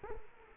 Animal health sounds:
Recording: mosquito wingbeat signal from an infrared sensor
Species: Culex quinquefasciatus

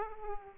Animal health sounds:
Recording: mosquito wingbeat signal from an infrared sensor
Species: Aedes aegypti

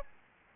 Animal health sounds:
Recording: mosquito wingbeat signal from an infrared sensor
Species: Aedes albopictus

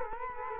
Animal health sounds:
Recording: mosquito wingbeat signal from an infrared sensor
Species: Culex quinquefasciatus

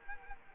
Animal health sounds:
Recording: mosquito wingbeat signal from an infrared sensor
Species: Culex quinquefasciatus

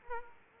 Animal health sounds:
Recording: mosquito wingbeat signal from an infrared sensor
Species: Aedes aegypti

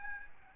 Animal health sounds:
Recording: mosquito wingbeat signal from an infrared sensor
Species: Aedes albopictus

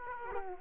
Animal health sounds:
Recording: mosquito wingbeat signal from an infrared sensor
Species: Aedes aegypti

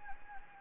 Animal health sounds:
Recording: mosquito wingbeat signal from an infrared sensor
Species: Anopheles gambiae

